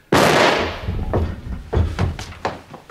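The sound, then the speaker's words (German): A single loud gunshot, fired at an inspector and narrowly missing him, cracks out and rings away, followed by a handful of quieter, irregular thumps and knocks. “Der Schuss hatte den Inspektor um Haaresbreite verfehlt.”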